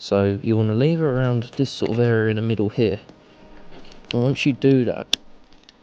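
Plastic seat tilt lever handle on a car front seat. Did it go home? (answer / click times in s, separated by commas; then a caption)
released / 5.7 s. Someone talks while levering the plastic seat tilt handle on the front seat of an MK6 Fiesta around the middle of the handle to pop its retaining clip. A small sharp click sounds at 5.7 s as the clip releases.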